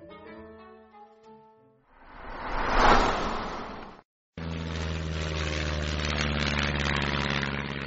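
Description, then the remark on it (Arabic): Old airplane engines roar in a steady, loud, rumbling drone with a deep throbbing pulse, after a rising whoosh of noise and a brief silence; the old plane has 'Madeline' written large on its wing, with the Andes mountains in view. “محركات الطائرة العتيقة تهدر منذرة بتحولها إلى 1000 قطعة.”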